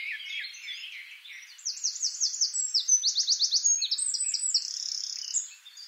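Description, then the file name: Eurasian wren song: fast, high ringing trills and rattles that run through the middle seconds, over a busy jumble of other high bird notes. "Troglodytes troglodytes"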